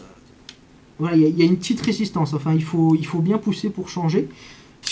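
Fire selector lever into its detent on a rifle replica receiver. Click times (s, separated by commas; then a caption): 0.5 s. The fire selector lever on a Specna Arms SA-B02 Half tan airsoft carbine replica, marked safe, semi and auto, is pushed firmly from one position to the next against a little resistance. It snaps into its detent with a sharp click at 0.5 s and sits with no play once engaged. Someone then talks.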